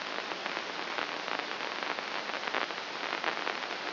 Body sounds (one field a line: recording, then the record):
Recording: brain microelectrode recording played as sound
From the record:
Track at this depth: outside the subthalamic nucleus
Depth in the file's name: 6.629 mm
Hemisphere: left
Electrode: 2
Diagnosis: Parkinson's disease